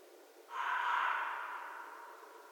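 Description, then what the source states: Red fox call: a single strained, raspy cry that begins suddenly and fades gradually over about two seconds. Recorded 11 January 2012.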